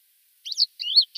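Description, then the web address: Thekla's lark song: a brief fragment of three high, slurred whistled notes, one sweeping upward. "Schulze Peter Thekla Lark song"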